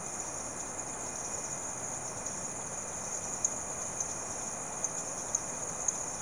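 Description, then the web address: Insects calling together as an unbroken shrill whine, a few isolated ticks standing out in the second half. Insects calling in the late evening, rural South America. "The BBC Sound Effects Library. Frogs And Insects, Late Evening"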